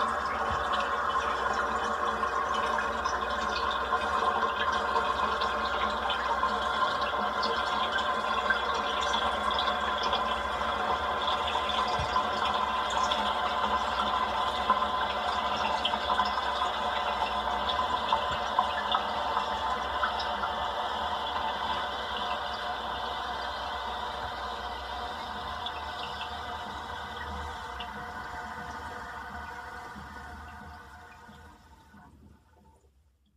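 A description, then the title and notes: A toilet flushes with a dense, steady rushing of water for about half a minute, gradually thinning before cutting off near the end. Toilet Flushing.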